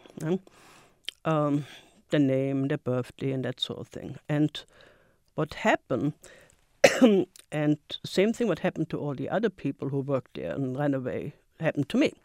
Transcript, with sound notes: Yeah. Their name, their birthday and that sort of thing. And what happened, [coughs] and same thing what happened to all the other people who worked there and run away happened to me.